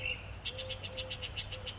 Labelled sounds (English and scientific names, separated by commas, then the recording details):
Eurasian Collared Dove (Streptopelia decaocto)
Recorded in Sonoma County, California